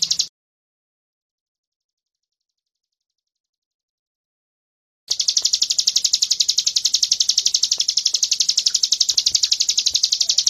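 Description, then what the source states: Bird trill heard as a brief burst, followed by about five seconds of silence, then a sustained rapid high buzzy pulsed trill. Masteran recording, meaning a training recording used to tutor songbirds.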